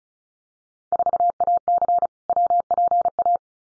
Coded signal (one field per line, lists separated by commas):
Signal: Morse code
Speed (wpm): 34 wpm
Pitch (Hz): 700 Hz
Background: none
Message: 4AC WPA